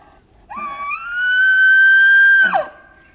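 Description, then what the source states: Elk bugle: a rising whistled tone that holds a high, steady pitch for about one and a half seconds, then breaks and drops sharply at the end, over quiet background. Subspecies Cervus elaphus canadensis; a single male.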